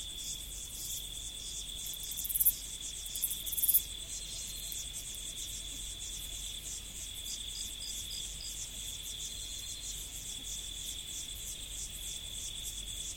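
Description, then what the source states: Insects chirping in a fast, high, pulsed chorus over a steady thin whine, with a couple of brief louder bursts early on. Recorded in the prairie.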